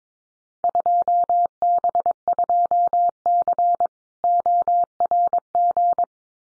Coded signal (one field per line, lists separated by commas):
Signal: Morse code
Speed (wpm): 22 wpm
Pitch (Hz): 700 Hz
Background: none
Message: 2B2C ORG